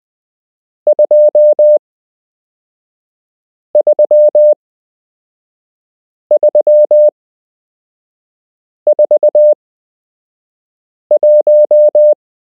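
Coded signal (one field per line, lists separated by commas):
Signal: Morse code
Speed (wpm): 20 wpm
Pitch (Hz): 600 Hz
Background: none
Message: 23341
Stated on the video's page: Beginner Morse code lesson from a structured course, part 7 of 8.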